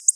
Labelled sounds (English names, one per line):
Black-throated Blue Warbler flight call